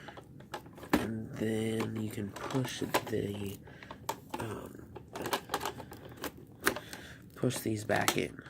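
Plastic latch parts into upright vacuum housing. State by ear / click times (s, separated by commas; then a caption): not seated / none. During maintenance on a Shark Navigator Lift-Away NV352 upright vacuum, removed plastic latch parts are being pushed back into the housing while someone talks. Short sharp plastic taps and knocks are heard as the parts are handled. Nothing has seated or clicked into place yet.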